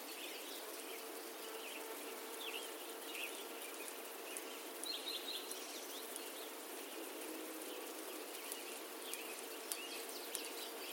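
A busy morning in the Rocky Mountains, with birds calling and chirping throughout over a steady hiss of insects. Short bright chirps and trills come every second or so, with a brief sustained whistle near the five-second mark and a faint low hum underneath.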